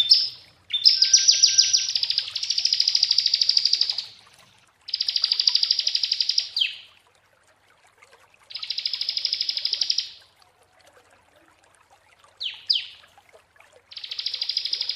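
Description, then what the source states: Prinia song: loud, dense buzzy trills of rapid clicking pulses, separated by short pauses, with a brief double chip near the end. Prinia song for bird training (masteran) and therapy.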